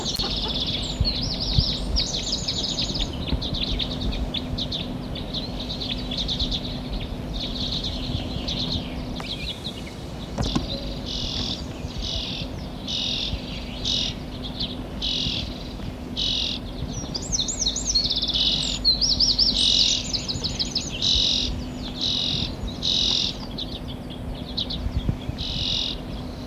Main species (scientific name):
Carduelis flammea